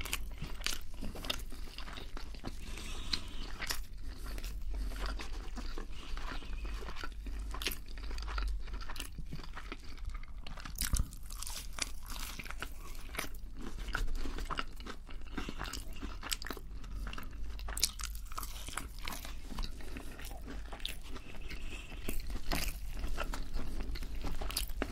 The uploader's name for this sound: Mukbang Feast